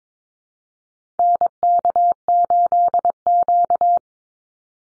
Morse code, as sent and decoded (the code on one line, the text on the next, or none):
-. -.- ---.. --.-
NK8Q